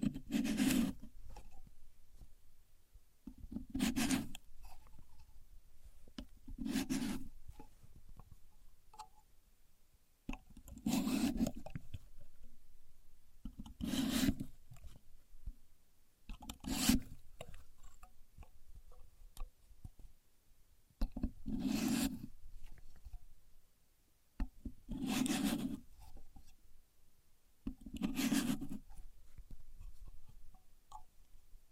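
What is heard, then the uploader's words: A contour gauge is worked with short scraping, rubbing strokes that come roughly every three seconds, each a bright raspy burst with a low thump at its start. Between strokes there are quieter ticks and small clicks, with brief near-silent gaps around 10 and 24 seconds. Using A Contour Gauge (No Talking).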